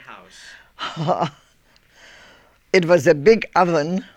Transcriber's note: she laughs